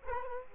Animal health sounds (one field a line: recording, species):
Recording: mosquito wingbeat signal from an infrared sensor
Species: Culex quinquefasciatus